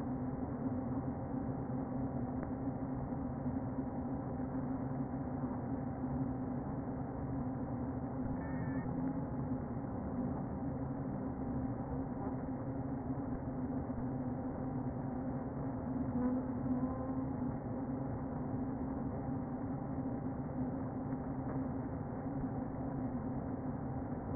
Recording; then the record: honeybee colony, microphone inside the hive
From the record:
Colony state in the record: queen present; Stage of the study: before two queens were removed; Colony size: about 60,000 bees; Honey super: yes